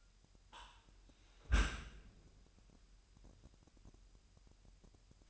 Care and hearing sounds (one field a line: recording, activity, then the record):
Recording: daily activity, microphone in the room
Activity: close dishwasher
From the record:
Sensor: 2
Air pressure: 998.2 hPa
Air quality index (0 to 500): 148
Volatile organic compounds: 4 ppm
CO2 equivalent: 1676 ppm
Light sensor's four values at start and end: 10/30/12/11 and 10/30/12/11